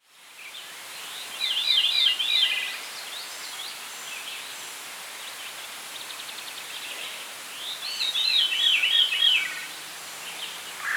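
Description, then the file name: Veery song: two breathy, spiralling flute-like phrases, each rolling downward in wavering loops, about six seconds apart, over steady background hiss. "Catharus fuscescens - Veery"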